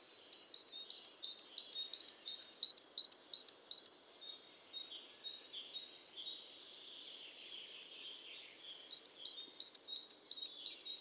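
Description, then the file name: Great tit calls: crisp high chips in rapid regular pairs, a four-second burst, then quiet scratchy notes, then the chipping resumes at the same quick pace. "Parus major"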